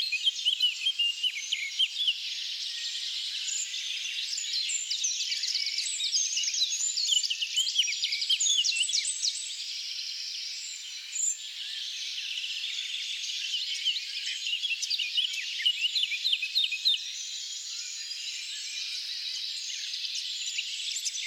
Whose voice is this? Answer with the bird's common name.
Eurasian Blackcap